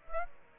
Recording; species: mosquito wingbeat signal from an infrared sensor; Aedes aegypti